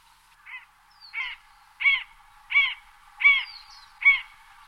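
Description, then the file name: Long-legged buzzard producing six short, nasal mewing notes that grow louder, spaced about two thirds of a second apart. "buteo rufinus"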